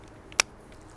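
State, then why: Seated. The clamp tab of a release-wand holder, part of an emergency charge-port release device mounted on a charge handle, is pressed down firmly until it locks closed around the release wand. After a faint tick at 0.3 s, one sharp, bright click at 0.4 s marks the tab snapping shut. The clamp is seated and locked.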